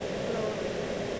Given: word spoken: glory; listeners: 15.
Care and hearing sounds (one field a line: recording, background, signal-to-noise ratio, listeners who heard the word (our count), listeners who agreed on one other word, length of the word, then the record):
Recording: one English word in noise, from a listening test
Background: speech-shaped noise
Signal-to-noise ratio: -5.1 dB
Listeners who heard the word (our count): 2 of 15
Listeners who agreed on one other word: 6 of 15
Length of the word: 0.80 s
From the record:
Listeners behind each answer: 6, 5, 2, 1, 1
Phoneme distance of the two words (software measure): 27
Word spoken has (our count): 2 syllables, 5 phonemes, stress on syllable 1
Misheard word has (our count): 2 syllables, 6 phonemes, stress on syllable 1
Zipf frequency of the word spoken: 4.37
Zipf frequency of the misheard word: 3.73